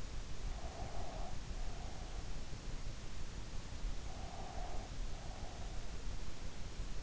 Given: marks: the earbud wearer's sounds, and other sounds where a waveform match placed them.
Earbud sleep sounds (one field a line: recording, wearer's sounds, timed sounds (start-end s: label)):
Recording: sounds in sleep by an in-ear microphone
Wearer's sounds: breath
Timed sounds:
0.55-2.36 s: breath
4.08-6.01 s: breath